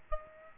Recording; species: mosquito wingbeat signal from an infrared sensor; Aedes aegypti